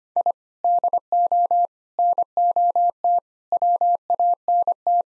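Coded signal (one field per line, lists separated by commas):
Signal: Morse code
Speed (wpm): 25 wpm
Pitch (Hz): 700 Hz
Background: none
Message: I DO NOT WANT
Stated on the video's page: Morse code practice at 25 wpm: sentences built from common five-word phrases, sent, spoken, then sent again for head-copy.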